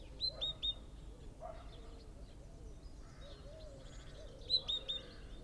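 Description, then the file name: Great tit calls: two short bursts of three bright, ringing high notes, separated by a few seconds, over faint low wavering sounds. "Parus major"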